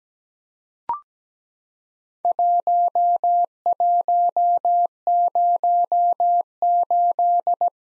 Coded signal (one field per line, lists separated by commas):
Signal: Morse code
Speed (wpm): 17 wpm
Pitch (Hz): 700 Hz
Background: none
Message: 1108